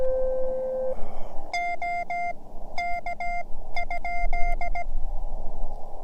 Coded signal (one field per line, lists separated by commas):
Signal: Morse code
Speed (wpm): 17 wpm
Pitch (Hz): 720 Hz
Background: none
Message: OK?